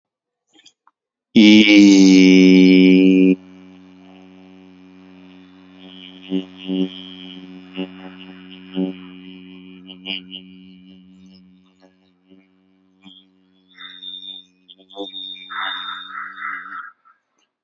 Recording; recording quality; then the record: sustained vowel as in beet; excellent, no background noise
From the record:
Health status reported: exposed to COVID-19, no respiratory illness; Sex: male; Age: 26 years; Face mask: not worn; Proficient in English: yes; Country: India